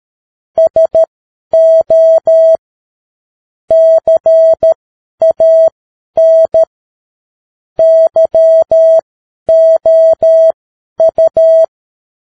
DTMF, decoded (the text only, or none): none